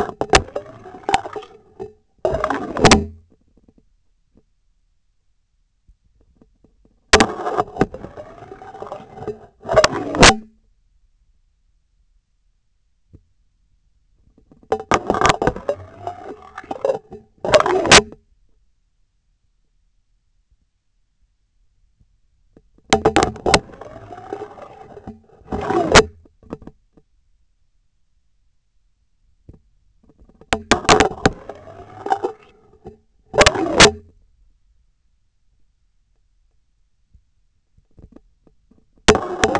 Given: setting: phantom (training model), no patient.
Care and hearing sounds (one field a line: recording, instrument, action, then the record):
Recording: laparoscopic instrument, vibration sensor on the handle end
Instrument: scissors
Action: insertion and removal through the trocar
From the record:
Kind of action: spatial motion